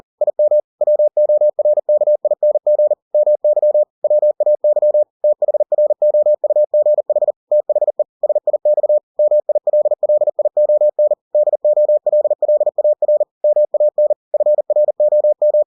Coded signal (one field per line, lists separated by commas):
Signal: Morse code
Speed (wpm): 40 wpm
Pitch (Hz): 600 Hz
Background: none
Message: IM WORKING MY WAY THROUGH THE SIX MILLION DOLLAR MAN FROM